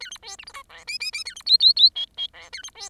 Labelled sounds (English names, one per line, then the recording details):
Bengalese Finch song
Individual Bird10